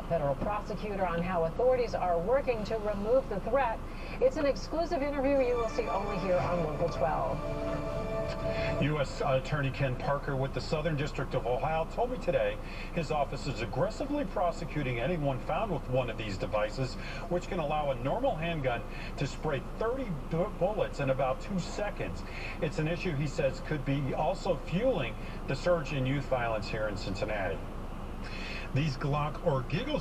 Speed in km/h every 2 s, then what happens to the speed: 0, 0, 0, 0, 0, 0, 0, 0, 0, 0, 0, 0, 0, 0, 0.
0-30 standing.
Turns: none.